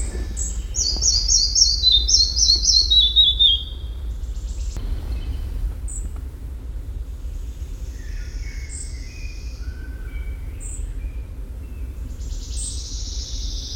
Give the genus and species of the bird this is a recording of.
Ficedula parva